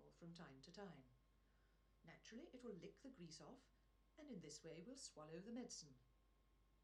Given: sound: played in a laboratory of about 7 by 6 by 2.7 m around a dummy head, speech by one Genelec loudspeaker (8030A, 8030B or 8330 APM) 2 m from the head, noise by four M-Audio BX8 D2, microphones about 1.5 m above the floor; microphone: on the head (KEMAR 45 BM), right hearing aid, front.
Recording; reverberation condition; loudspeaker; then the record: female speech in English; low; 150 degrees to the right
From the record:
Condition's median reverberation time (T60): about 310 ms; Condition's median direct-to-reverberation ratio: about 3.5 dB